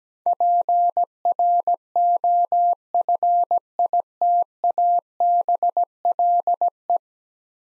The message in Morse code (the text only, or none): PROFITABLE